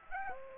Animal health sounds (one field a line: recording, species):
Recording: mosquito wingbeat signal from an infrared sensor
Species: Aedes aegypti